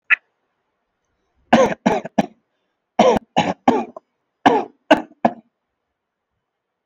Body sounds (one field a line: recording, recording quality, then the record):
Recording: shallow voluntary cough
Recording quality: excellent, no background noise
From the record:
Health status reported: healthy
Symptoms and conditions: none ticked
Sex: male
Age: 30 years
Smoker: not ticked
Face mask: not worn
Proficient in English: yes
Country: India